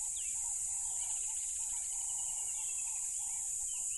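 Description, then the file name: Crickets produce a loud, constant shrill trill, joined by short upswept chirps and a repeated mid-pitched warbling call in the background. Loud crickets at a tropical river. "smartsound ATMO NATURE Tropical River Loud Crickets"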